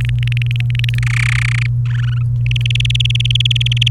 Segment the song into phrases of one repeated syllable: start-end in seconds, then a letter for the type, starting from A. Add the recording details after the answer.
0.01-0.99 A, 1.02-1.67 B, 1.86-2.23 C, 2.46-3.88 D. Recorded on 28 April 2018 at 09:46. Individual llb3